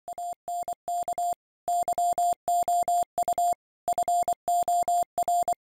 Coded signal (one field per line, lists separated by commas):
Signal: Morse code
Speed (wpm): 23 wpm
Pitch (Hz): 660 Hz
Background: none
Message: ANK YOU FOR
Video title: Finally! SATCOM Contact with Wouxun Radio